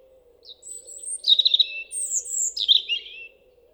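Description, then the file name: European robin delivering a liquid phrase: a long high whistle leading into rapid twittering notes that drop in pitch, then a second tumbling flourish, with low steady hum. "Erithacus rubecula"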